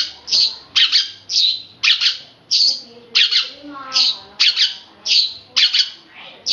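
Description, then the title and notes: Oriental magpie-robin song of loud whistled notes repeated in a steady series, about one or two per second, with faint softer notes beneath. Long-duration chirping recording of over an hour. "Kicau Kacer."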